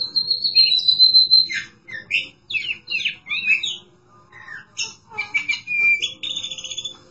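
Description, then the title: Oriental magpie-robin song opening with a long, high, steady whistle, followed by quick varied chirps and slurred notes, then another sustained whistle. Chirping song (kicauan) of the bird. "Suara Kicauan Burung Kacer Durasi Panjang"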